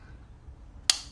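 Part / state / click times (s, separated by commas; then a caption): float pin and float assembly into a plastic lawn mower carburetor body / seated / 0.9 s. A plastic float assembly and float pin on a plastic Briggs & Stratton lawn mower carburetor body are pushed in by hand after the pin and needle are fitted. Against a quiet background, one sharp snap sounds at 0.9 s as the parts seat in place.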